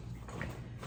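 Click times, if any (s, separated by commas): 0.4 s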